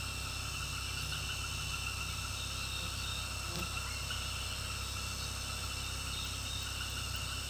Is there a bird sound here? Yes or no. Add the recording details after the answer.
no. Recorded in pastures near Puerto Asís, Putumayo, Colombia, on 18 February 2024 at 18:30. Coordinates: 0.486, -76.323. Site G6462